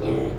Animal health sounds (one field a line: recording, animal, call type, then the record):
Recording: contact call of a hoofed animal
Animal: pig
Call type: closed-mouth grunt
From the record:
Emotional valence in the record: negative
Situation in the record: short social isolation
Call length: 0.39 s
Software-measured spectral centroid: 1360 Hz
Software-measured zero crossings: 830 a second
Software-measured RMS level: -24 dBFS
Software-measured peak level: -13 dBFS